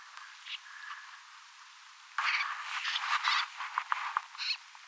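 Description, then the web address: Snipe calls: a few faint notes, then a burst of harsh, rasping calls lasting to the end, against steady hiss. Compilation of recordings from 5 October 2024; many snipes present, reportedly including some pin-tailed snipes. "paivat 5 10 2024 kurppia paljon siella on joukossa tietaakseni joitakin suippopyrstokurppalintuja kooste"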